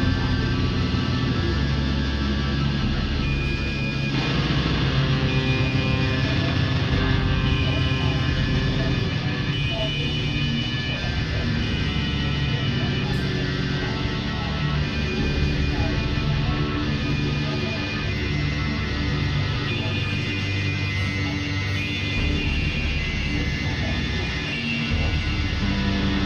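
Steady, dense rumble of traffic blends with long sustained synthesizer and organ-like tones, holding an even loudness throughout with no sharp breaks.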